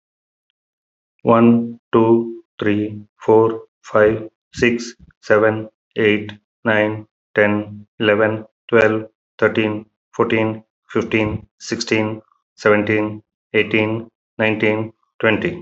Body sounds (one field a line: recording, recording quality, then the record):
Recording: counting at a normal pace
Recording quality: excellent, no background noise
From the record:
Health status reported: healthy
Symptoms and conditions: hypertension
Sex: male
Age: 52 years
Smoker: not ticked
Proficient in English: yes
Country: India